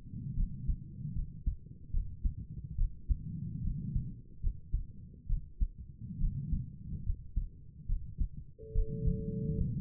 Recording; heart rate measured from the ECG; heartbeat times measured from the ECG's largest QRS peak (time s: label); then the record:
heart sounds by stethoscope; 72 bpm
0.36 s: heartbeat
1.15 s: heartbeat
1.92 s: heartbeat
2.77 s: heartbeat
3.63 s: heartbeat
4.42 s: heartbeat
5.28 s: heartbeat
6.20 s: heartbeat
7.05 s: heartbeat
7.88 s: heartbeat
8.74 s: heartbeat
9.56 s: heartbeat
From the record:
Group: healthy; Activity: rest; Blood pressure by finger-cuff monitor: 96/66 mmHg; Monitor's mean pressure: 75 mmHg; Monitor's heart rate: 73 bpm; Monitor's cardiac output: 5.6 L/min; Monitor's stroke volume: 75 mL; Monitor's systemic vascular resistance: 950 dyn s/cm5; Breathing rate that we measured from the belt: 21 breaths a minute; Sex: female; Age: 22 years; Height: 163 cm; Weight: 67.1 kg